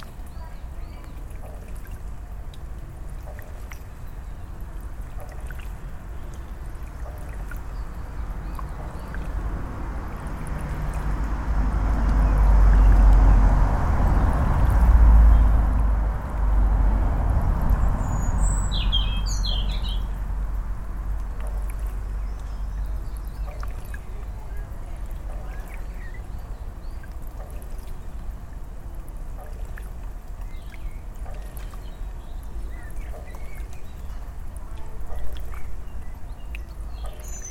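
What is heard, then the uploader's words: Water laps and murmurs steadily while traffic rumbles low underneath. Around the middle the rumble swells as a vehicle or boat passes, peaking near fifteen seconds, then fades. A few faint, high bird chirps come through around twenty seconds. I left my Tascam recorder out by a solar powered water pump and it captured the sound of the water, birds, traffic.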